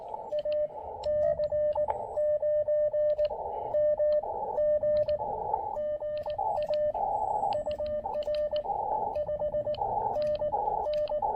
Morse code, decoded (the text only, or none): AC9MG GA UR 5NN